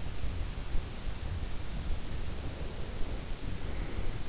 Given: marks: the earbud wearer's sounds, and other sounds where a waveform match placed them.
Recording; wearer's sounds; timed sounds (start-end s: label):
sounds in sleep by an in-ear microphone; breath
2.08-4.22 s: breath